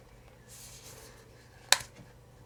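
A plastic protective shell is pressed onto a handheld game console, snapping on with a single sharp click at 1.7 s after soft rustling. The middle seems to lift, so the shell has to be clipped at the sides. The shell is seated on the console.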